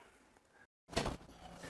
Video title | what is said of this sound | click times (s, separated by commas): Portable Go Power Solar System - Apple Pear Crisp - Destination Vintages RV Resort on Show 2026-10 | When you press the backrest down, you will hear it lock into place. | 1.0 s